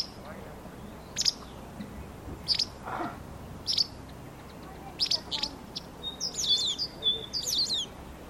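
Bird calls: high sharp chips repeated roughly every second, with a brief lower sound midway and a burst of twittering near the end.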